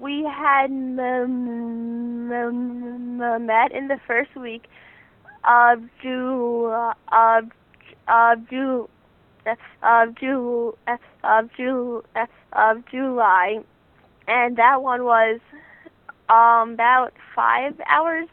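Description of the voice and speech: Teen girl's speech with a long held opening sound, repeated part-words and silent blocks: stuttering.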